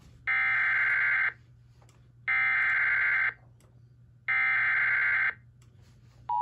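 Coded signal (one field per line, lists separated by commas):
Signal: Emergency Alert System (SAME) tones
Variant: header bursts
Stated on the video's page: Real severe thunderstorm warning alert from the National Weather Service.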